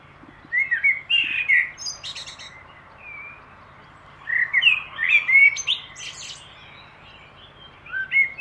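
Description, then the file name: Common blackbird song: two mellow, fluty warbled phrases, each ending in high squeaky twitters and separated by a pause, with a third beginning at the end and a steady low hum beneath. "Turdus merula"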